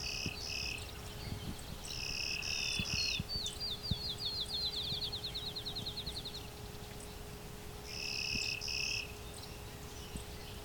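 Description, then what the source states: Clay-colored Sparrow song: three short series of flat, insect-like buzzes, with a separate rapid ticking trill between the second and third. Late June morning along a hydro corridor near Westover, Ontario; close relative of field sparrow, occasionally cross-breeding.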